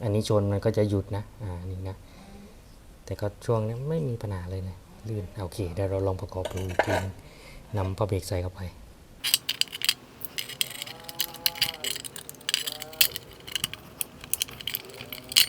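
Someone talks for about the first nine seconds, then refits the metal brake shoes onto the rear drum brake backing plate of a Honda Wave110i motorcycle, which was being worked on for a sticking rear drum brake. From about 9.3 s, sharp metallic clacks and scrapes follow, with strong hits near 9.6 s and 13.0 s. The shoes have not yet locked into place by the end.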